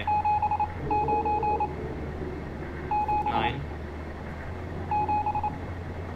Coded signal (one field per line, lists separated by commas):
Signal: Morse code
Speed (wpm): 27 wpm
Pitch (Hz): 840 Hz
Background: none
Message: 79 7 7